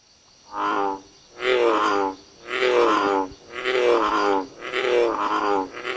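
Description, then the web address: American bullfrog calls, low throaty groaning notes with stacked harmonics, each lasting over half a second and repeated roughly once a second in a steady series. "Frog Lithobates Catesbeianus"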